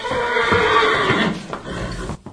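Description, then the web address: Horse whinny: a wavering neigh with rich harmonics, followed by quieter sounds. "dzwieki apolinarski konie"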